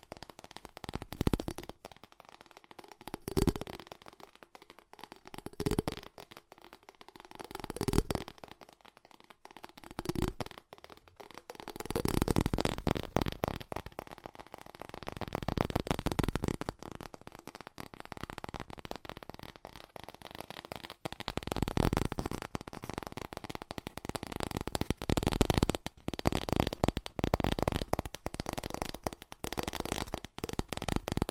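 Fast tapping made of sharp, clicky strikes. For the first twelve seconds the taps come in short bursts separated by brief pauses, then they merge into a dense, nearly continuous rattle that keeps going to the end, with slight swells in loudness.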